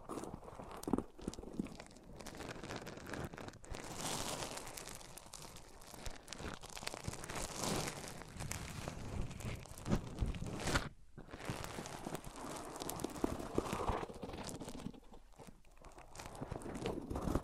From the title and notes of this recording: ASMR Rubbing Mics On Different Surfaces (No Talking).